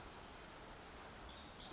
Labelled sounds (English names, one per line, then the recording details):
Pacific Wren
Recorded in Sonoma County, California